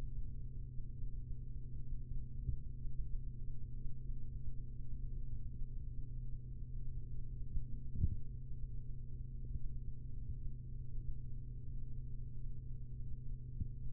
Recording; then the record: forearm muscle sounds (acoustic myography)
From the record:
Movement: rest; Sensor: system 3, bracelet of six PUI Audio POM-2738L microphones around the upper forearm, with dedicated amplification and filtering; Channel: 1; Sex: male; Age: 43 years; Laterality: right